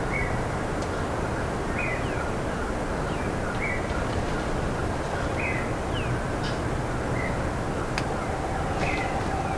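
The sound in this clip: Bird calls, short buzzy notes repeating irregularly with thin high chirps and a few sharp clicks, over continuous loud rushing background noise.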